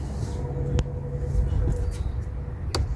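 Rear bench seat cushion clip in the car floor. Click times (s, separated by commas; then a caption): 2.7 s. Prying the rear bench seat cushion of a car upward releases its retaining clip from the car body, heard as a sharp click at 2.7 s over a low steady rumble. An earlier, smaller tick comes at 0.8 s. The clip pops free and the seat is released.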